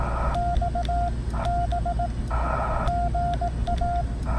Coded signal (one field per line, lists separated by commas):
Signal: Morse code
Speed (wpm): 18 wpm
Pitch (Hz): 690 Hz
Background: none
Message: X B GA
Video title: POTA CW and SSB 8/29/24